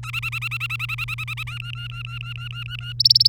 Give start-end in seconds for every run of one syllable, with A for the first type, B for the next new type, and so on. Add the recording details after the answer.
0.03-1.44 A, 1.47-2.93 B, 3.00-3.28 C. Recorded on 3 May 2018 at 10:56. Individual llb3